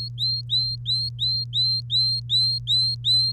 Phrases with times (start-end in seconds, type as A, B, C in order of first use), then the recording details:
0.00-3.32 A. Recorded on 3 May 2018 at 07:17. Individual llb3